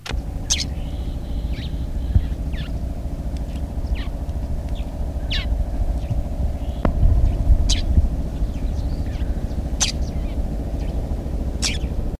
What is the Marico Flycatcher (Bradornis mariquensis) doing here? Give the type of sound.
alarm call